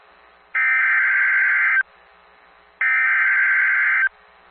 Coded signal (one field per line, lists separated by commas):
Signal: Emergency Alert System (SAME) tones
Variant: header bursts